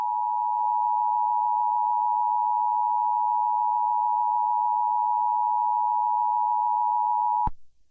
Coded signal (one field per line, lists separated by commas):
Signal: Emergency Alert System (SAME) tones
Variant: 853 and 960 Hz attention tone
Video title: EAS Scenario/Mock #15 - Boris The Grounding Spree (Remastered)